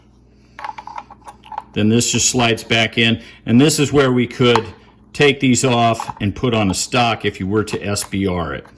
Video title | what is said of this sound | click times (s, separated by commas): PTR 9KT - Great Value H&K MP5K Clone | it's got a little click forward | 0.6 s